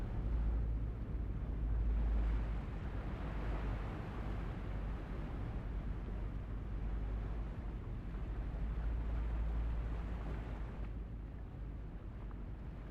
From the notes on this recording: ocean waves calmly crashing to shore along with brown noise and a peaceful lo fi beat playing in the background